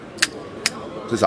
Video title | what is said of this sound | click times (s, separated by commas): Du nouveaux pour les électriciens chez Bizline #nouveautésalonljvs | C'est clipsé, ça tient. | 0.2 s, 0.7 s